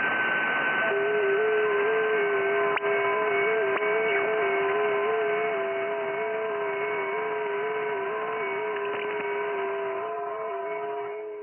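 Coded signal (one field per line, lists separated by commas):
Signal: FT8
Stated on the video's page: FT8 on 28 MHz, FTdx101MP at 200 W, rotating 4-element Yagi at 17 m height, contacts with Argentina, Vietnam, Australia.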